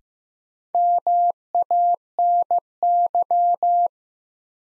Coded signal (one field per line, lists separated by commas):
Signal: Morse code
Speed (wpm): 15 wpm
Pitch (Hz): 700 Hz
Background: none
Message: MANY